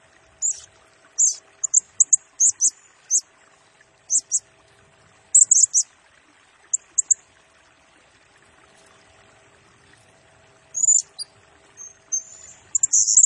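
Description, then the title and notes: Blue-crowned hanging parrot song: scattered high, thin chirps in short clusters, a quiet gap midway, then a fresh burst of shrill trills. Lure and master-tutor song for training birds; bird described as gacor (in full, chatty song), singing in the nembak (rapid, shooting) style. "Burung Serindit Nembak Gacor Bikin Emosi Semua Burung. Suara Nasteran Dan Pemikat Burung Serinditan Gacor"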